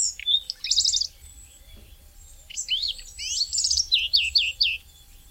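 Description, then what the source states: Common Redstart song: a short whistled opening followed by fast, scratchy, jingling high phrases, two strophes separated by a brief pause. Often seen in villages near people; migratory.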